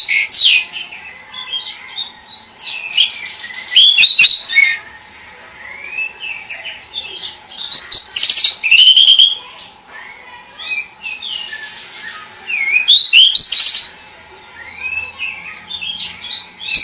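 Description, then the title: Bird singing loud bursts of high whistles, rapid buzzy trills and chirps, phrases repeated about every four to five seconds with quieter warbled notes between. "burung"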